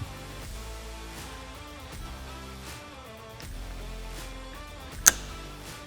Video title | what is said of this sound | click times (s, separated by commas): How to Install SuperATV's Glass Windshield on the Can Am Maverick X3 | kind of Click into place like that | 5.1 s